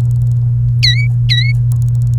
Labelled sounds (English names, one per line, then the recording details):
Domestic Canary song
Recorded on 30 April 2018 at 07:54
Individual llb3